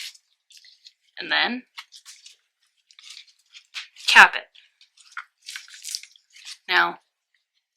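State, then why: Seated. A cap is pressed onto a connector post that has been pushed through two panels of a box, while someone talks. A small, sharp snap at 6.0 s marks the cap seating onto the post as the parts click inside each other.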